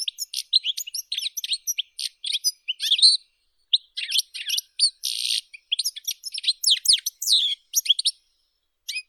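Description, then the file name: European goldfinch song: lively twittering with liquid slurred notes and buzzy bursts, broken by a couple of short pauses. "Golosa ptic - CSHegol Carduelis carduelis"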